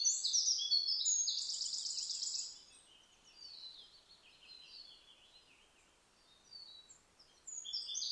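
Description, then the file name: Eurasian wren: the loud end of a fast trilling song in the first two seconds, followed by quieter scattered high notes and a soft hiss. "Troglodytes troglodytes"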